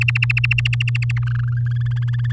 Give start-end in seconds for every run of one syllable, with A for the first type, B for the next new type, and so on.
0.01-1.19 A, 1.22-1.77 B, 1.80-2.32 C